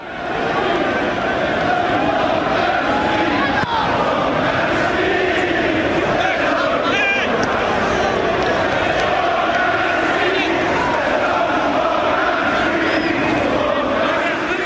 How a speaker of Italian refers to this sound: volevo far sentire una cosa, che è un coro dei tifosi del Liverpool. L'altra sera in trasferta, Stamford Bridge, Coppa di Lega, campo del Chelsea, e i tifosi del Liverpool che cantano.